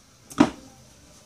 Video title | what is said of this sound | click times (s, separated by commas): WHERE DOES THE LSD BLOCK GO? CIVIC MANUAL TRANNY | okay and did you hear that click that's the actual bearing assembly that | 0.4 s